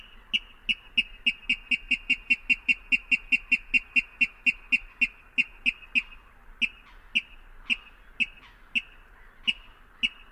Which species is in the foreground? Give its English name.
Water Rail